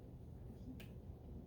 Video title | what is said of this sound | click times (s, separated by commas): Iontophoresis part 1 | Plug it in until it clicks. You'll hear an audible click. | 0.8 s